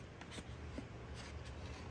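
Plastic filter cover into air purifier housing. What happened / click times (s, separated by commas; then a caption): The plastic cover is being handled but has not yet locked into place / none. The plastic filter cover of an air purifier is handled and pushed toward the purifier housing after the filter has been inserted. Soft rubbing and shuffling sounds are heard, with a faint tap at about 0.2 s. The cover has not locked into place yet, and nothing has seated or clicked.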